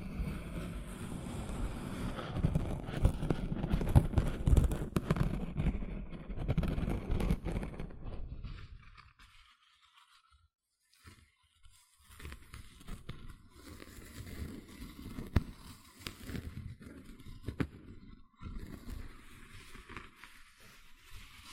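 Gentle scratching fills the first eight seconds with a dense, rough, low-heavy texture of quick strokes. A near-silent gap follows around nine to eleven seconds, then lighter, thinner scratching resumes in uneven bursts with occasional sharp clicks until the end.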